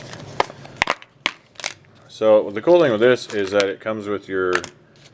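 A replacement HDMI connector board with 90 and 45 degree connectors is handled by the bay of a pair of Spektrum Focal DVR FPV goggles, fitted as an upgrade after the old HDMI board was taken out. Several sharp, short handling taps and clacks sound in the first 1.7 seconds, and then someone talks. Nothing has seated or clicked into place yet.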